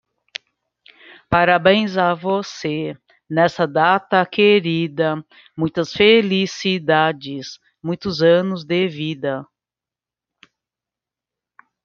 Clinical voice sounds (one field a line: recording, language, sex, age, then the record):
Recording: short text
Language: Brazilian Portuguese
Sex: female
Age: 50 to 59 years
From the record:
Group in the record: control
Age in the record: 51 years